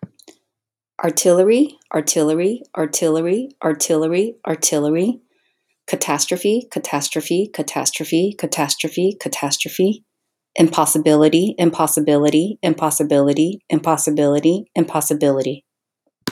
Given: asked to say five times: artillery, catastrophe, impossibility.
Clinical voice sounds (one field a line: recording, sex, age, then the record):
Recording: three words, each repeated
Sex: female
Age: 30 to 39 years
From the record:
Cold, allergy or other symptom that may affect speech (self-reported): no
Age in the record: 30 years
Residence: Texas, United States